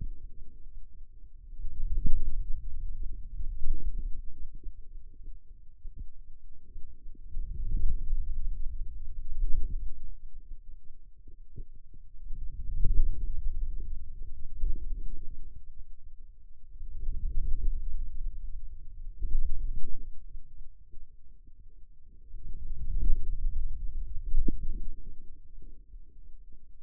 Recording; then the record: forearm muscle sounds (acoustic myography)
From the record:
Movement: hand closing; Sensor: system 2, bracelet of six BSWA MPA416 microphones around the upper forearm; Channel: 5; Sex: male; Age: 22 years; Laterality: right